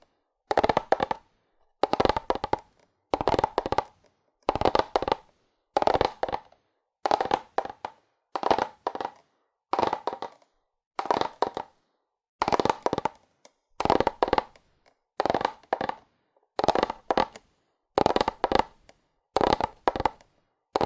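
Fast, aggressive tapping on cardboard comes in short crackly bursts about once a second, each a quick cluster of sharp hits separated by silence.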